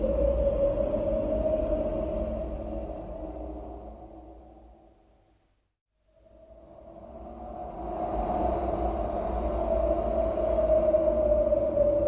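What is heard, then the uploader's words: Wind roars steadily with a low rumble and a thin whistling tone running through it. Around the middle the sound fades away to near silence, then swells back up to full strength, the whistle returning brighter and stronger by the end. Sound of wind.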